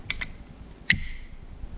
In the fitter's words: Got a click.